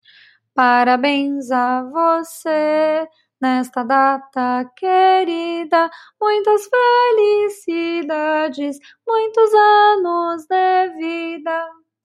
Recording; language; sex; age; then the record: short text; Brazilian Portuguese; female; 30 to 39 years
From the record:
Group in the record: control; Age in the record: 33 years